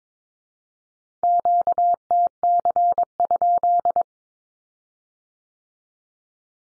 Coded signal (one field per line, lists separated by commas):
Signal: Morse code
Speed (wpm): 22 wpm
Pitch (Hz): 700 Hz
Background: none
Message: QTC?